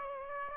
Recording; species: mosquito wingbeat signal from an infrared sensor; Aedes aegypti